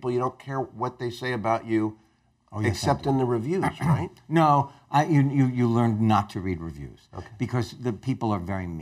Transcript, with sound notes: You don’t care what they say about you.
Oh, yes, I do.
Except in the reviews (THROAT CLEARING)
No. I– you– you– you learn not to read reviews.
Okay.
Because the people are very mean.